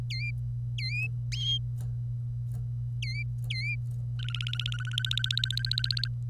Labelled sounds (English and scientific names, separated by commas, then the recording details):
Domestic Canary (Serinus canaria) song
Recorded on 25 April 2018 at 08:11
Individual llb3